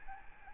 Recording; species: mosquito wingbeat signal from an infrared sensor; Aedes albopictus